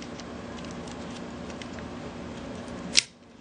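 A plastic UMD drive is pushed by hand into the shell of a PSP 2000 handheld game console, with soft fumbling and scraping before a single loud, sharp snap at 3.0 s. The other side of the drive snaps home and is seated, so it stays in place.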